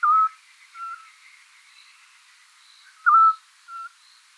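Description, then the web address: Eurasian scops owl: a plain short whistled note about every three seconds, each followed by a quieter whistle. "otus scops call"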